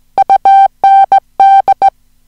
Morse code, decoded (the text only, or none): UND